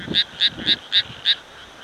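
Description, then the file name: Frog giving five short, high pulsed notes in a series, each a brief bright burst. "kaeru"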